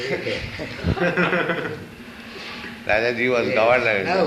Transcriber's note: laughter